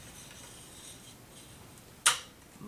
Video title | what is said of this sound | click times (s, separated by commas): How to String a Tennis Racquet (Start to Finish) | pull till it clicks. | 2.1 s